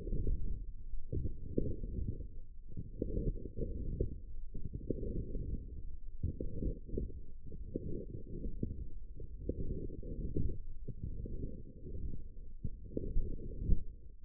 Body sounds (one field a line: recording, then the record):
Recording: forearm muscle sounds (acoustic myography)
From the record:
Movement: forearm pronation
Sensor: system 1, eight BSWA MPA416 microphones around the upper forearm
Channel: 6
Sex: female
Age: 21 years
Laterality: right